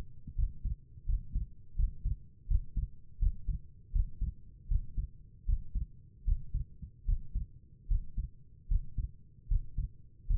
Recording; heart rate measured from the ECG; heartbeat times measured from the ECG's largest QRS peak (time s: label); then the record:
heart sounds by stethoscope; 79 bpm
0.35 s: heartbeat
1.05 s: heartbeat
1.76 s: heartbeat
2.47 s: heartbeat
3.19 s: heartbeat
3.92 s: heartbeat
4.68 s: heartbeat
5.46 s: heartbeat
6.25 s: heartbeat
7.05 s: heartbeat
7.88 s: heartbeat
8.68 s: heartbeat
9.48 s: heartbeat
10.27 s: heartbeat
From the record:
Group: healthy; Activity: breath hold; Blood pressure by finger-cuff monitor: 98/67 mmHg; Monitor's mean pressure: 73 mmHg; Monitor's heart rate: 78 bpm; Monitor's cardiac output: 5.6 L/min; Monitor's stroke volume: 69 mL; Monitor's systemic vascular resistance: 940 dyn s/cm5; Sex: female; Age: 22 years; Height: 163 cm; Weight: 67.1 kg